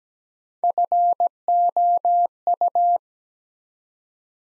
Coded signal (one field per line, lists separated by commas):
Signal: Morse code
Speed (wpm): 17 wpm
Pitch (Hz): 700 Hz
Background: none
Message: FOU